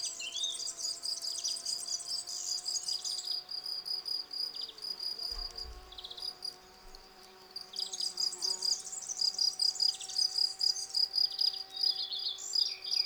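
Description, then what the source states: Field cricket giving a steady run of short ringing chirps, while songbirds twitter and trill above it in two long bursts, with a brief low thump midway. Several field crickets singing from a lawn in a garden at Val Maravel, 18 April 2020, singing for three days; fresh new wings giving clear stridulation; recorded on a Nagra Seven with cardioid MKH40 microphone.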